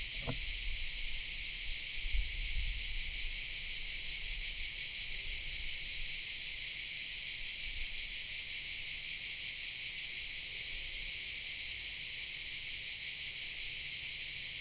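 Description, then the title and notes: Cicadas in a dense, continuous high buzzing chorus with a steady pulsing texture, unbroken for the whole stretch. Recorded in shade of pine trees in the park of the Certosa di Padula, Italy; mainly cicadas; Zoom H6 with MS capsule. "Cicale nel parco della Certosa. Registrazione all'ombra dei pini nel parco della Certosa di Padula. Principalmente biofonie prodotte da cicale e corvi"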